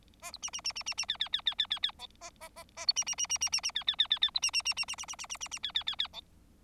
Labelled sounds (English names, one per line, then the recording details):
Bengalese Finch song
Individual Bird4